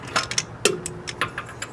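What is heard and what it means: A click-type torque wrench tightens a suspension bolt on a black IS300 during a BC Racing coilover install. Light ticks and clicks come through, then the wrench gives a sharp, loud click at 0.7 s, followed by a faint ringing tone. The bolt reaches its set torque.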